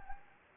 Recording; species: mosquito wingbeat signal from an infrared sensor; Anopheles gambiae